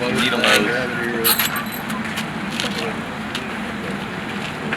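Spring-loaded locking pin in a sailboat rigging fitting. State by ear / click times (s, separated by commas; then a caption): seated / 4.7 s. While rigging a Flying Scot sailboat, a metal fitting is lowered and its spring-loaded locking pin snaps into place with a sharp click at 4.7 s, seating the fitting; the pin is later released by pulling it. Someone talks over light metallic jangling and steady outdoor background noise.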